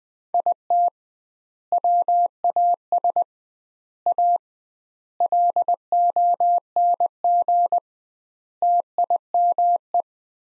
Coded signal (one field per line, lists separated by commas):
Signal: Morse code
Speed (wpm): 20 wpm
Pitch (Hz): 700 Hz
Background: none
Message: IT WAS A LONG TIME